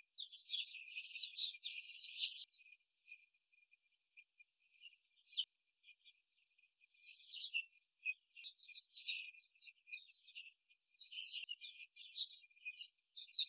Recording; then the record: young laying hens in a cage, short pieces joined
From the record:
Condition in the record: before the stressor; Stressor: simulated dog barking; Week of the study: 3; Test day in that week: 2